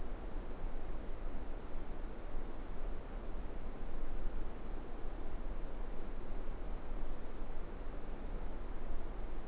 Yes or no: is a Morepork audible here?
no